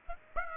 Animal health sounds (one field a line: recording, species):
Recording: mosquito wingbeat signal from an infrared sensor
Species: Aedes aegypti